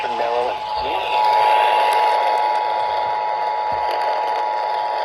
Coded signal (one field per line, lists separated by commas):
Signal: Emergency Alert System (SAME) tones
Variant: 853 and 960 Hz attention tone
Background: speech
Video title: 7/8/25 - Severe Thunderstorm Warning on WXJ94 & Flash Flood Warning on 2 stations (EAS #1272-#1274)